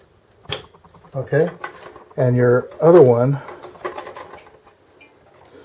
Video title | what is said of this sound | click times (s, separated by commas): Dell Optiplex GX270 How to Change the Motherboard | There should be a little click. | 0.5 s